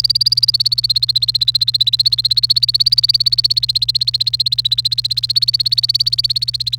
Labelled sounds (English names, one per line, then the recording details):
Domestic Canary song
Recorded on 28 April 2018 at 10:21
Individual llb3